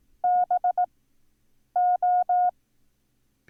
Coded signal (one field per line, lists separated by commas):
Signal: Morse code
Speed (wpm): 18 wpm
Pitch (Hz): 720 Hz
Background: none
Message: BO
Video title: Learn Morse Code - Lesson 8